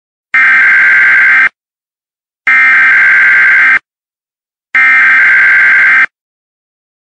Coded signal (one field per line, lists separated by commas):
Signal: Emergency Alert System (SAME) tones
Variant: header bursts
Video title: EAS Mini-Scenario 1: Dangerous Autopilot